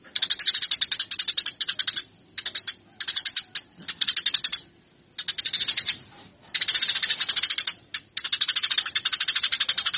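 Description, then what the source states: Eurasian tree sparrow chattering in repeated bursts of rapid, harsh chirps, some long and some clipped short, with brief silent breaks throughout. Fighting call of the Eurasian tree sparrow, local name burung gereja, a master track used for training birds.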